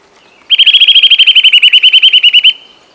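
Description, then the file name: Eurasian nuthatch calling in a loud, rapid series of ringing whistled notes, about ten per second for two seconds, clean and steady. "Sitta europaea"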